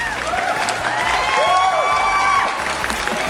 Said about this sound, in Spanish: ¡Aplausos!